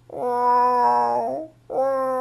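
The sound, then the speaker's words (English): A female cat in heat, looking for a tomcat to mate with, yowls in a long, drawn-out, wavering cry lasting over a second, then breaks briefly before launching into a second loud, tonal howl. “And when they are looking for a man cat, or in English we say a tomcat, they do this sound.”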